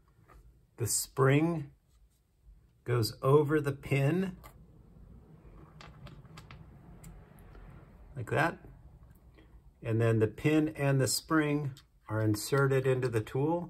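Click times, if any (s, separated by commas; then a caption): none. A spring is fitted by hand over the metal pin of an FK/SKS 3100 Multi Base and Edge Beveler before the pin and spring are pushed into the tool, while someone talks. Faint handling ticks sound between about 5.8 and 7.4 seconds. This is handling only, and nothing has seated or clicked yet.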